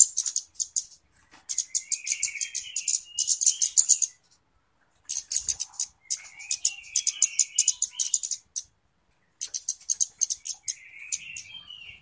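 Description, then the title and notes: Flowerpecker song: bursts of very high, thin ticking chips in rapid series, with lower buzzy trills woven in, in three phrases separated by brief pauses. Clear song used as a lure for trapping birds; Indonesian names cabe-cabean or kemade. "Kicau Burung Kemade ( Cabe Cabean) Jernih. Suara Burung Cabe Cabean Pikat"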